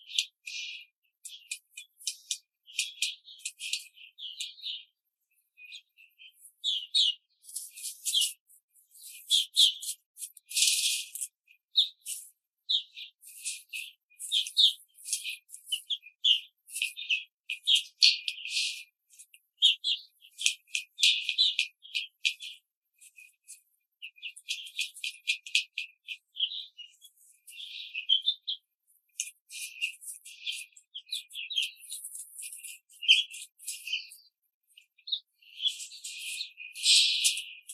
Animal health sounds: young laying hens in a cage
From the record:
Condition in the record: control cage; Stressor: none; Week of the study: 5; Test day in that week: 1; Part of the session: 2

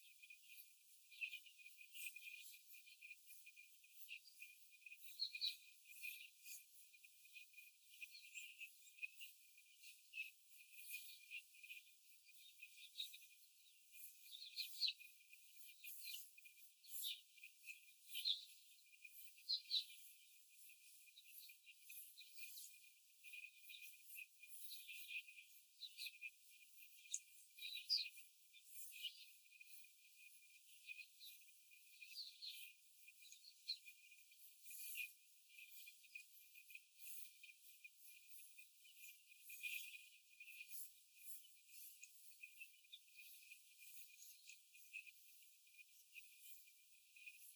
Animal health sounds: young laying hens in a cage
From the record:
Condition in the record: before the stressor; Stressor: simulated dog barking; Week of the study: 4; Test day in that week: 1

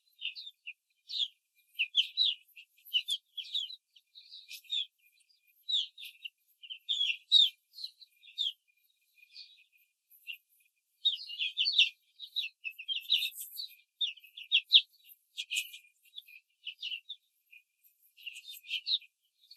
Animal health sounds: young laying hens in a cage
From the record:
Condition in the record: control cage, before the stress test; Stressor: none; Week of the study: 4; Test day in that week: 1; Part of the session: 2

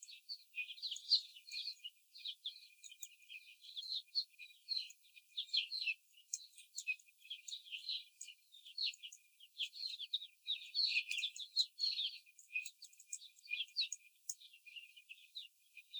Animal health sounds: young laying hens in a cage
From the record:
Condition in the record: before the stressor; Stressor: simulated dog barking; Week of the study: 4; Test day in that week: 2

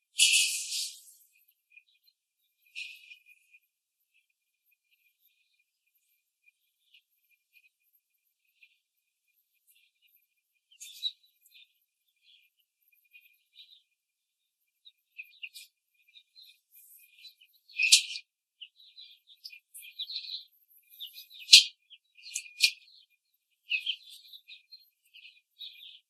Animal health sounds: young laying hens in a cage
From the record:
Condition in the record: control cage, after the stress test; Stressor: none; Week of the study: 4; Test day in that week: 3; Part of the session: 1

